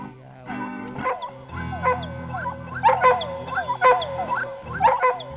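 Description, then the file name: Dog whimpering in a series of falling, tonal whines over a low hum. "dog recordings"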